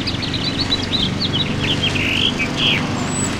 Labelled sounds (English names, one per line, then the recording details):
House Finch song
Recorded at Moriches on Long Island, New York, on 22 June 2013
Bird A